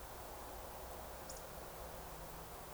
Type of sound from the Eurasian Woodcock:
whistle